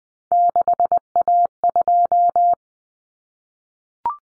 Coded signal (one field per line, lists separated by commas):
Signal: Morse code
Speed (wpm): 20 wpm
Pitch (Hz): 700 Hz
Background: none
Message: 6A2